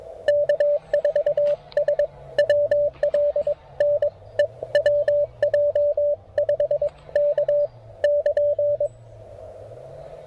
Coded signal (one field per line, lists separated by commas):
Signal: Morse code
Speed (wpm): 23 wpm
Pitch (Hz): 580 Hz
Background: radio noise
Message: K4SWL NE WJ5K <KN>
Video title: POTA Plan C: Swapping antennas and rigs at Tuttle Educational State Forest